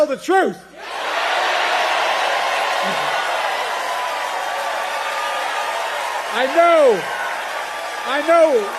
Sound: audience cheers